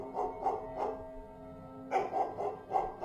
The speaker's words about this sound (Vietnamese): Con chó hung dữ, dáng đi của nó trông rất lạ, nó co quắp lại cứ giặt già giặt dẻo. Con chó đột nhiên nhìn chăm chăm vào tôi rồi sủa lên inh ỏi.